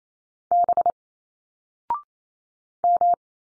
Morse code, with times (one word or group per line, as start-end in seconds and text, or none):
0.5-0.9 B
2.8-3.1 M